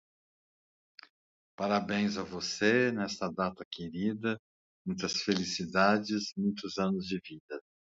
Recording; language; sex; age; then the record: short text; Brazilian Portuguese; male; 60 to 69 years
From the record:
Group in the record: control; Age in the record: 60 years